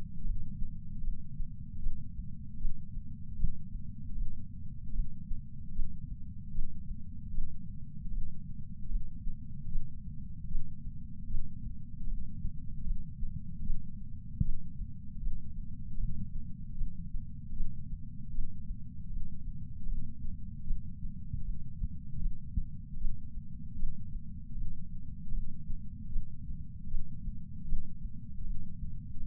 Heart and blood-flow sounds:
heart sounds by patch sensor on the chest; 77 bpm
0.24 s: heartbeat
1.02 s: heartbeat
1.80 s: heartbeat
2.59 s: heartbeat
3.37 s: heartbeat
4.15 s: heartbeat
4.93 s: heartbeat
5.73 s: heartbeat
6.52 s: heartbeat
7.32 s: heartbeat
8.11 s: heartbeat
8.89 s: heartbeat
9.69 s: heartbeat
10.49 s: heartbeat
11.28 s: heartbeat
12.07 s: heartbeat
12.84 s: heartbeat
13.64 s: heartbeat
14.43 s: heartbeat
15.21 s: heartbeat
15.98 s: heartbeat
16.75 s: heartbeat
17.54 s: heartbeat
18.32 s: heartbeat
19.10 s: heartbeat
19.87 s: heartbeat
20.65 s: heartbeat
21.43 s: heartbeat
22.20 s: heartbeat
22.99 s: heartbeat
23.77 s: heartbeat
24.55 s: heartbeat
25.32 s: heartbeat
26.10 s: heartbeat
26.88 s: heartbeat
27.66 s: heartbeat
28.44 s: heartbeat
29.21 s: heartbeat
From the record:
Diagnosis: coronary artery disease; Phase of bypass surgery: postoperative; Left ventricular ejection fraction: 60%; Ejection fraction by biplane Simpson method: 54%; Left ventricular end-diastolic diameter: 47 mm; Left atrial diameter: 39 mm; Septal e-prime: 8.6 cm/s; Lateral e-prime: 7.5 cm/s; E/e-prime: 10.3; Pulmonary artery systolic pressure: 24 mmHg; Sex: male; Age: 75 years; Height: 168 cm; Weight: 74 kg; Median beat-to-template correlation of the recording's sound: 0.84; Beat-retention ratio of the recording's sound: 0.99

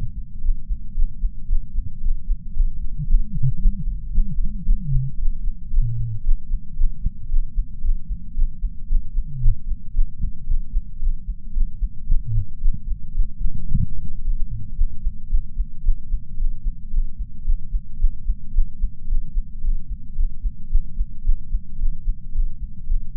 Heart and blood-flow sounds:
heart sounds by patch sensor on the chest; 112 bpm
0.40 s: heartbeat
0.93 s: heartbeat
1.46 s: heartbeat
1.99 s: heartbeat
2.52 s: heartbeat
3.06 s: heartbeat
3.57 s: heartbeat
4.10 s: heartbeat
4.64 s: heartbeat
5.16 s: heartbeat
5.69 s: heartbeat
6.22 s: heartbeat
6.74 s: heartbeat
7.27 s: heartbeat
7.80 s: heartbeat
8.33 s: heartbeat
8.86 s: heartbeat
9.39 s: heartbeat
9.92 s: heartbeat
10.45 s: heartbeat
10.98 s: heartbeat
11.52 s: heartbeat
12.05 s: heartbeat
12.59 s: heartbeat
13.13 s: heartbeat
13.67 s: heartbeat
14.20 s: heartbeat
14.75 s: heartbeat
15.28 s: heartbeat
15.82 s: heartbeat
16.36 s: heartbeat
16.89 s: heartbeat
17.43 s: heartbeat
17.98 s: heartbeat
18.52 s: heartbeat
19.06 s: heartbeat
19.60 s: heartbeat
20.14 s: heartbeat
20.68 s: heartbeat
21.23 s: heartbeat
21.77 s: heartbeat
22.31 s: heartbeat
22.85 s: heartbeat
From the record:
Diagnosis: coronary artery disease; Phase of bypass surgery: postoperative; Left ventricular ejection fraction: 34.9%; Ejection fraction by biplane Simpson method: 32.7%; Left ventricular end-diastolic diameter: 59 mm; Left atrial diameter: 36 mm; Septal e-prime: 3 cm/s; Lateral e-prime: 7 cm/s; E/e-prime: 12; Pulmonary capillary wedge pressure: 12 mmHg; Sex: male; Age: 49 years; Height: 175 cm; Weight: 80 kg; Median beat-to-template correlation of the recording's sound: 0.90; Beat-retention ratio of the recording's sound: 0.99

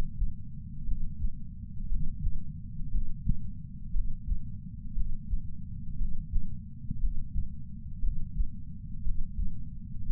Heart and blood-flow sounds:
heart sounds by patch sensor on the chest; 59 bpm
0.86 s: heartbeat
1.90 s: heartbeat
2.93 s: heartbeat
3.94 s: heartbeat
4.95 s: heartbeat
5.99 s: heartbeat
7.02 s: heartbeat
8.02 s: heartbeat
9.04 s: heartbeat
10.07 s: heartbeat
From the record:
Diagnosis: coronary artery disease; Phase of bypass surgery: preoperative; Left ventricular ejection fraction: 41.8%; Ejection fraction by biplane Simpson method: 39%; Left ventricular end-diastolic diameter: 62 mm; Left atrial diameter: 43 mm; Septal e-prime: 3 cm/s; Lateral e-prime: 8 cm/s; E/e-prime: 13.6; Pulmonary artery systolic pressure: 41 mmHg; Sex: male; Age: 69 years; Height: 165 cm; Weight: 60 kg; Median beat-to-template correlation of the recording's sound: 0.79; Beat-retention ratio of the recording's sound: 0.99

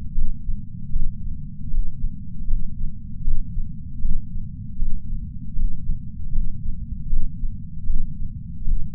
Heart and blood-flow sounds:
heart sounds by patch sensor on the chest; 78 bpm
0.15 s: heartbeat
0.93 s: heartbeat
1.71 s: heartbeat
2.48 s: heartbeat
3.25 s: heartbeat
4.02 s: heartbeat
4.79 s: heartbeat
5.56 s: heartbeat
6.33 s: heartbeat
7.10 s: heartbeat
7.87 s: heartbeat
8.65 s: heartbeat
From the record:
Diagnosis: coronary artery disease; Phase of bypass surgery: postoperative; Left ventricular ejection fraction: 43.8%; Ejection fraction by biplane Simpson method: 45%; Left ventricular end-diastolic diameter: 59 mm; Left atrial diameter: 36 mm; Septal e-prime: 6.9 cm/s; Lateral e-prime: 6.4 cm/s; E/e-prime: 9.2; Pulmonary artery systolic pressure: 22 mmHg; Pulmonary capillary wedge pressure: 19 mmHg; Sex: male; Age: 57 years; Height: 183 cm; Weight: 85 kg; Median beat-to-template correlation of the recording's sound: 0.89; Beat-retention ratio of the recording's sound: 0.99

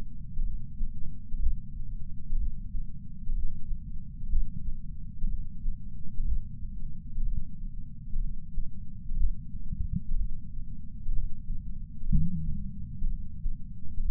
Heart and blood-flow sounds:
heart sounds by patch sensor on the chest; 62 bpm
0.42 s: heartbeat
1.38 s: heartbeat
2.36 s: heartbeat
3.32 s: heartbeat
4.28 s: heartbeat
5.27 s: heartbeat
6.24 s: heartbeat
7.21 s: heartbeat
8.19 s: heartbeat
9.16 s: heartbeat
10.15 s: heartbeat
11.12 s: heartbeat
12.08 s: heartbeat
13.07 s: heartbeat
14.04 s: heartbeat
From the record:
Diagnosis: coronary artery disease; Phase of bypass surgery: postoperative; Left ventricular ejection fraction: 68.2%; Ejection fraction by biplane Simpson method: 62.7%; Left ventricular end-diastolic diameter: 48 mm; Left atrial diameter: 40 mm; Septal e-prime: 8.6 cm/s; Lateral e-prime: 10.2 cm/s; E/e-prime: 10.9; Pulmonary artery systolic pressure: 38 mmHg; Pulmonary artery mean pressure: 18 mmHg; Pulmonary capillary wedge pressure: 11 mmHg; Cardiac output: 6.45 L/min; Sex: male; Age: 57 years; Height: 175 cm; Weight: 80 kg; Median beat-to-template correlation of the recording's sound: 0.76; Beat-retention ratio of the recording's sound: 0.99

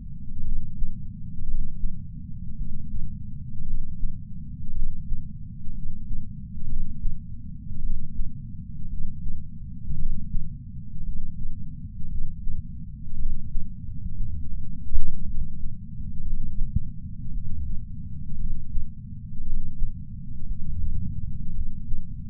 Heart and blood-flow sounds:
heart sounds by patch sensor on the chest; 57 bpm
0.41 s: heartbeat
1.44 s: heartbeat
2.54 s: heartbeat
3.63 s: heartbeat
4.72 s: heartbeat
5.71 s: heartbeat
6.66 s: heartbeat
7.79 s: heartbeat
8.87 s: heartbeat
9.95 s: heartbeat
11.02 s: heartbeat
12.07 s: heartbeat
13.15 s: heartbeat
14.14 s: heartbeat
15.23 s: heartbeat
16.22 s: heartbeat
17.30 s: heartbeat
18.35 s: heartbeat
19.42 s: heartbeat
20.45 s: heartbeat
21.51 s: heartbeat
From the record:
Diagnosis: coronary artery disease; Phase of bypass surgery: postoperative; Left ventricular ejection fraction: 49.7%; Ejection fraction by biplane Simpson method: 50.5%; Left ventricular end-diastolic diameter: 55 mm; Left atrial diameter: 40 mm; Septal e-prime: 5.2 cm/s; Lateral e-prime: 9 cm/s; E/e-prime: 14.4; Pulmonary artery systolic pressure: 28 mmHg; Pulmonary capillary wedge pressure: 8 mmHg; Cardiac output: 4.15 L/min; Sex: male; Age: 73 years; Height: 165 cm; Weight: 70 kg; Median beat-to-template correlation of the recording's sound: 0.92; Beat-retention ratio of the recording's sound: 1.00

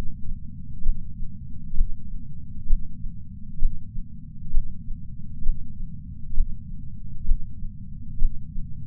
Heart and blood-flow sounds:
heart sounds by patch sensor on the chest; 65 bpm
0.83 s: heartbeat
1.74 s: heartbeat
2.66 s: heartbeat
3.59 s: heartbeat
4.51 s: heartbeat
5.43 s: heartbeat
6.34 s: heartbeat
7.25 s: heartbeat
8.18 s: heartbeat
From the record:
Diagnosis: coronary artery disease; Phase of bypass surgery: intraoperative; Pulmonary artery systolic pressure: 28 mmHg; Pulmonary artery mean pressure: 20 mmHg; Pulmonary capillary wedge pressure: 13 mmHg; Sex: male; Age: 57 years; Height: 172 cm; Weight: 86 kg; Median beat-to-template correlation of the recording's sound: 0.92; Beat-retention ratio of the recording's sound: 0.99

